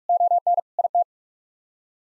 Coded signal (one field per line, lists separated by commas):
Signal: Morse code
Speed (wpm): 46 wpm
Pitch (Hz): 700 Hz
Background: none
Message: ON IT